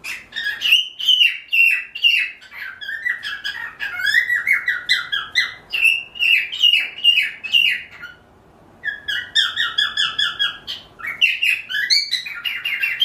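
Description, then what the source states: Cockatiel chattering continuously with harsh, rolling squawks and chirps, a short pause about two-thirds through, then more rapid rising and falling notes. Pearl cockatiel.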